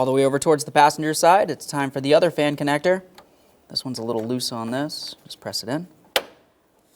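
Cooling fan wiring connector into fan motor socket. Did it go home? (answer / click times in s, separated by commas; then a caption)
yes / 6.2 s. The second cooling fan's electrical connector, which was a little loose, is pressed into its socket on the fan motor of a 2012-2015 Honda Civic 1.8L I4 during a radiator replacement. Someone talks for most of the clip, then a single sharp click at 6.2 s marks the connector seating fully.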